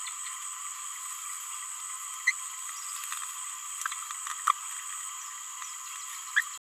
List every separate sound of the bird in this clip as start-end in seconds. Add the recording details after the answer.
2.27-2.31, 6.37-6.41. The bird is a male. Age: 26 days. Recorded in a nest box in Venezuela. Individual 17B31A2